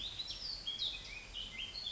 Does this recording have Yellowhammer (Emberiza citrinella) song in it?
no